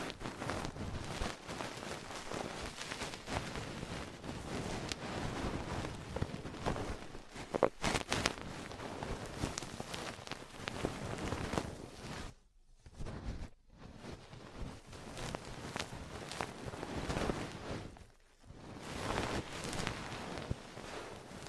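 Ear cleaning and massage sounds: dense, crackly rubbing and tapping that fills the range from low thumps to bright hiss, rustling almost constantly. Brief near-silent gaps break it around 12 to 14 seconds and again near 18 seconds before the scratchy friction resumes.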